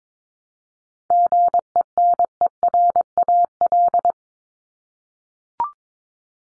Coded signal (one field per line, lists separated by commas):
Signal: Morse code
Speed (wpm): 22 wpm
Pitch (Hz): 700 Hz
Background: none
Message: GENERAL